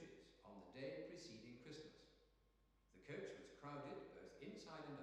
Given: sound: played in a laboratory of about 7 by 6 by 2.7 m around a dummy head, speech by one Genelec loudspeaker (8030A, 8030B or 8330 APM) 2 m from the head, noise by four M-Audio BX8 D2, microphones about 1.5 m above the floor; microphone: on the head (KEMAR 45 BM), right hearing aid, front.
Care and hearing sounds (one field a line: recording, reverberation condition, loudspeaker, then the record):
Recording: male speech in English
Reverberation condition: high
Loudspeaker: in front (0 degrees)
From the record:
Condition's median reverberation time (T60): about 1300 ms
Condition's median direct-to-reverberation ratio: about -4.0 dB